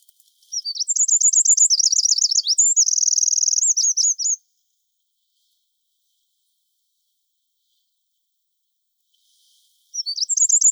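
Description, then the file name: Eurasian wren singing a fast, shrill burst of trilled and rattling high notes for almost four seconds, a long pause, then the next song beginning. "Troglodytes troglodytes"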